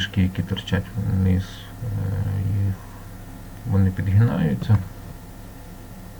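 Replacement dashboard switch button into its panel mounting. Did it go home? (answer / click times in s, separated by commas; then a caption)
no / none. A replacement central-locking and hazard-light button for the dashboard of a Renault Megane IV, Scenic IV, Talisman or Espace V is handled at its panel mounting, with legs sticking out underneath that bend in as it is pressed in. Someone talks throughout, with pauses and low background hum. Nothing has seated or clicked yet in this clip.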